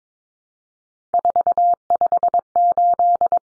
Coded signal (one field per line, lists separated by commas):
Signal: Morse code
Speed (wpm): 22 wpm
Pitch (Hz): 700 Hz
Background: none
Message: 458